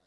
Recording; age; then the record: pig call; piglet (1 to 25 days)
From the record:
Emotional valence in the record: positive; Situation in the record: short reunion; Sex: female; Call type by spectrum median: low-frequency call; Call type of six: low-frequency tonal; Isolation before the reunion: 3 minutes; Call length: 0.07 s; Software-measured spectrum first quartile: 582 Hz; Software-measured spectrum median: 2259 Hz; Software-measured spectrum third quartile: 8254 Hz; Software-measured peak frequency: 650 Hz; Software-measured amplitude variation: 11 dB a second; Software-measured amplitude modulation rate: 14.4 a second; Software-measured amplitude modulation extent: 0.7 dB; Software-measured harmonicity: 2.9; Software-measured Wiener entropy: -1.95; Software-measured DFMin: 846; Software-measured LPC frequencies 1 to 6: 634, 1513, 3836, 4828, 5377, 7255 Hz